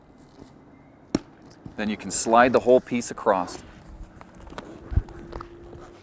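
At the very end of the top edge of a Bestop Trektop NX fabric soft top on a Jeep JK Unlimited, the rear window's plastic retainer strip is pressed into the matching retainer on the top, giving a sharp little click at 1.2 s. Someone talks afterward while faint taps and ticks follow. The retainer is seated and engaged, so the window can be slid across and stay secure.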